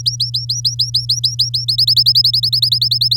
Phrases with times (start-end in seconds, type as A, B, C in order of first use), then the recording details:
0.00-1.65 A, 1.68-3.16 B. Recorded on 9 May 2018 at 13:17. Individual llb16